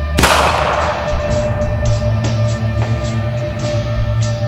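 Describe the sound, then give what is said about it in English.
A single sharp gunshot, fired down from a tower in a shooting, cracks out and rolls into a long rumbling decay, followed by a few fainter pops over a steady low hum, with no voices. “A hail of gunfire coming down from the tower.”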